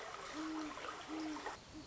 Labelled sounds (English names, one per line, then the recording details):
Great Horned Owl
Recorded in Sonoma County, California